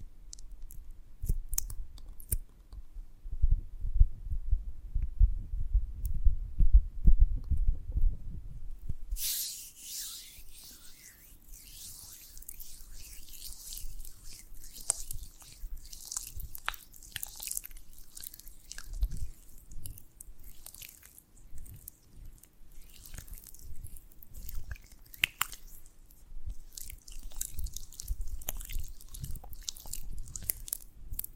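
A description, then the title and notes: ASMR of honeycomb on a branch: for the first nine seconds, soft low rumbling thumps dominate, then sharp crisp crackles and sticky clicks take over. The snapping and crunching comes in dense irregular bursts, with a faint steady hum underneath. ASMR of a Honeycomb on Branch (No Talking).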